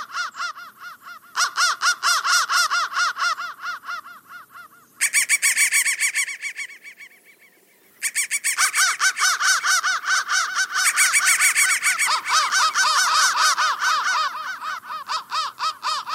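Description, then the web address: Crow cawing: harsh repeated notes in a rapid series, with brief lulls near five and eight seconds. "soundfactory crow"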